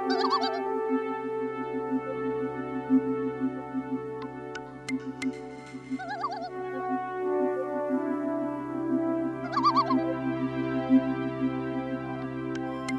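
Loon giving a few wavering, quavering phrases over a steady sustained musical drone.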